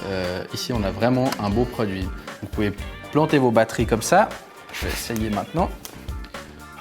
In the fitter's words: simplement on la glisse on entend un clic et la batterie est fixée voilà